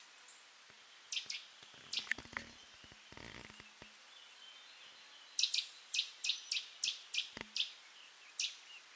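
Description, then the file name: Eurasian Nuthatch calls: a quick series of sharp high notes, after several seconds of clicks and knocks. "Sitta europaea"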